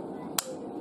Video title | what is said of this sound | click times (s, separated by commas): Buck Edgetek Ultra Flipstik Diamond Sharpening Rod Unboxing - 1st Impressions | you'll hear it click and it will come out and there's another | 0.4 s